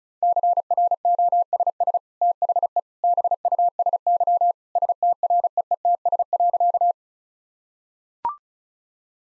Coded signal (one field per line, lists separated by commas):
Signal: Morse code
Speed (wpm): 36 wpm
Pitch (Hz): 700 Hz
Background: none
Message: CROSS THE BUSY STREETS.